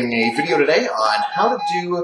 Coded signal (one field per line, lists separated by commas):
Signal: Morse code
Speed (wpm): 18 wpm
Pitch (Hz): 820 Hz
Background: speech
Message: S O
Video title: Morse Code Alphabet With Morse Code Straight Key